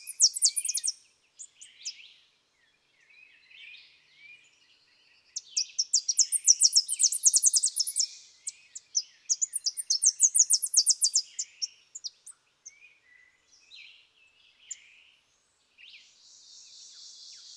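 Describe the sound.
Tennessee warbler giving two bursts of rapid, very high chipping notes, with softer bird notes between them and a faint buzz at the end.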